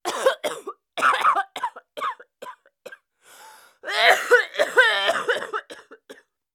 Cough female.